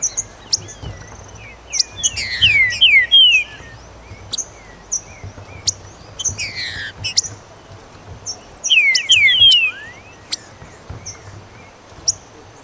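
Green-winged saltator song: two bursts of clear slurred whistles, with a buzzy burst between them, amid high ticks.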